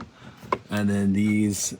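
A loose plastic trim clip by the rear glass of a Toyota Sequoia SUV is pressed into its mounting hole in the body panel. A sharp snap at 0.5 s marks it seating, and then someone talks.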